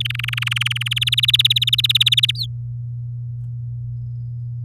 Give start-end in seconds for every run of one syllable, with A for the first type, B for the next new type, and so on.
0.00-0.88 A, 0.91-2.31 B, 2.35-2.46 C